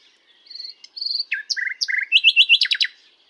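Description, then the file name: Common nightingale singing a bright phrase of short whistles and buzzy doubled notes, building into a loud fast repeated series. "Luscinia megarhynchos"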